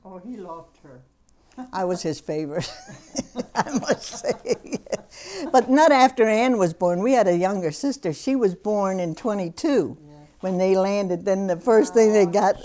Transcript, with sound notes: Oh, he loved her.
I was his favorite. ( she laughs ) I must say. But not after Anne was born. We had a younger sister. She was born in '22 when they landed, then the first thing they got...